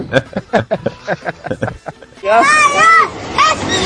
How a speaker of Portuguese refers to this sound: Na verdade, eu abrindo a minha janela, eu abrindo isso aqui, esse barulho, e em seguida ia ver alguém berrando